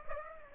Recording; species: mosquito wingbeat signal from an infrared sensor; Aedes aegypti